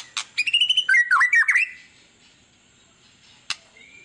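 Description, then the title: White-rumped shama song, a quick run of warbled whistles and twisting notes followed by quiet, a single click and a brief whistle. Used as a lure to make other birds respond; described as gacor, a bird singing constantly. "PANCINGAN MEWAH MURAI BATU GACOR, SEKALI DENGAR AMPUH LANGSUNG RESPON"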